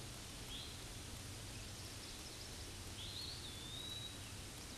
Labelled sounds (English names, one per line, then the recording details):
Eastern Wood-Pewee song
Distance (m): 60 m
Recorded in a Pennsylvania forest on 18 May 2023 at 06:52
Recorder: AudioMoth, point grid1_10_low
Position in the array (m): 80 m, 126 m